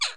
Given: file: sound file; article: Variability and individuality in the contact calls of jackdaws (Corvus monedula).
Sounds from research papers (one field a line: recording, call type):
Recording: jackdaw call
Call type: harmonic